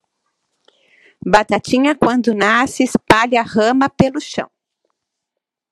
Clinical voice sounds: short text; Brazilian Portuguese; female; 50 to 59 years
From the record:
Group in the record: control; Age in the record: 59 years

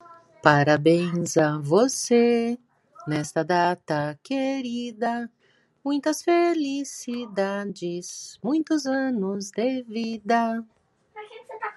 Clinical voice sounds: short text; Brazilian Portuguese; female; 40 to 49 years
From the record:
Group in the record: control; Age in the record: 49 years

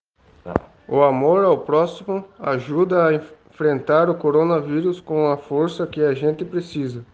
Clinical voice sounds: spoken sentence; Brazilian Portuguese; male; 18 to 19 years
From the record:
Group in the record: respiratory insufficiency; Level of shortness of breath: 5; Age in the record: 19 years

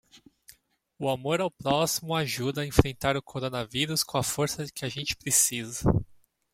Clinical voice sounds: spoken sentence; Brazilian Portuguese; male; 30 to 39 years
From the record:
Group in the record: control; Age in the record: 35 years

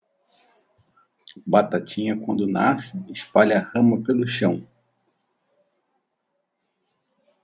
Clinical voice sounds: short text; Brazilian Portuguese; male; 60 to 69 years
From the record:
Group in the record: control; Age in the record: 66 years

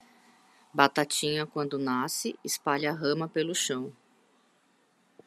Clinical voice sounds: short text; Brazilian Portuguese; female; 40 to 49 years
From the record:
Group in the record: control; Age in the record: 46 years

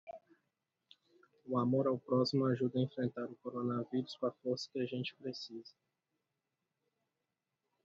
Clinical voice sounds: spoken sentence; Brazilian Portuguese; male; 30 to 39 years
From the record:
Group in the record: control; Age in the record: 35 years

